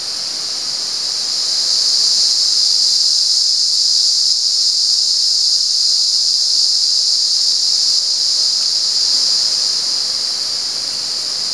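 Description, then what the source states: Cicada buzz rising in loudness over the first two seconds, then a constant high shrill hum. At San Ramon.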